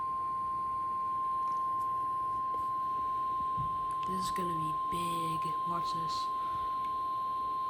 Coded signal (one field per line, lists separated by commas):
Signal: Emergency Alert System (SAME) tones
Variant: 1050 Hz attention tone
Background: speech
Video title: Severe Thunderstorm Warning (EAS 95) [LIGHTNING STRIKES STATION!!!1!1!]